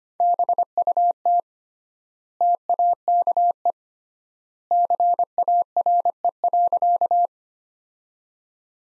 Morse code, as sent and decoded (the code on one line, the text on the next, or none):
-... ..- - / - .- -.- . / -.-. .- .-. . .-.-.-
BUT TAKE CARE.